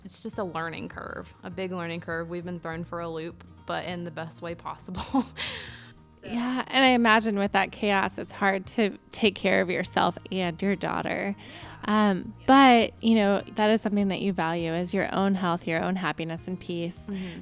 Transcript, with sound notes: It's just a learning curve, a big learning curve. We've been thrown for a loop but in the best way possible. [chuckles]
Yes. I imagine with that chaos, it's hard to take care of yourself and your daughter, but that is something that you value, is your own health, your own happiness and peace.